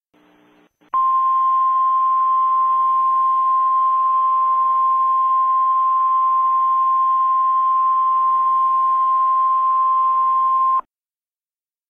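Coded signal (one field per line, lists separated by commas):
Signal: Emergency Alert System (SAME) tones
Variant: 1050 Hz attention tone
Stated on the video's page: Fictional EAS scenario remake based on SCP Foundation content.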